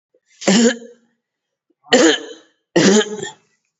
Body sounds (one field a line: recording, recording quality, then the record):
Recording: shallow voluntary cough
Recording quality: excellent, no background noise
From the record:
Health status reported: COVID-19 positive, mild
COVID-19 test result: positive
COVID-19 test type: RT-PCR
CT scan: not taken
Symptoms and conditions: none ticked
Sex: male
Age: 56 years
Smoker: no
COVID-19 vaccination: both doses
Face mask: not worn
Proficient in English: no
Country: India